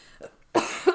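A single sharp cough from an adult, with a sudden loud onset and a brief second push at the end. It is one isolated, fairly dry-sounding burst, with a faint breath or throat noise just before it.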